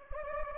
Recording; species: mosquito wingbeat signal from an infrared sensor; Anopheles gambiae